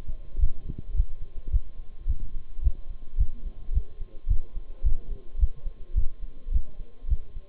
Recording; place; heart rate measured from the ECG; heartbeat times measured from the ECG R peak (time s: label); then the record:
heart sounds by stethoscope; between the tricuspid and mitral areas; 108 bpm
0.40 s: heartbeat
0.96 s: heartbeat
1.52 s: heartbeat
2.08 s: heartbeat
2.64 s: heartbeat
3.19 s: heartbeat
3.74 s: heartbeat
4.29 s: heartbeat
4.85 s: heartbeat
5.40 s: heartbeat
5.96 s: heartbeat
6.53 s: heartbeat
7.10 s: heartbeat
From the record:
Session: Bruce protocol treadmill stress test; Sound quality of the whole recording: partially saturated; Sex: male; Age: 23 years